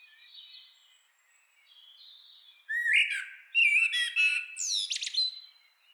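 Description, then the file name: Eurasian blackbird song: soft background warbling first, then one loud phrase of low fluted notes breaking into high, squeaky, slurred twitters. "Turdus merula"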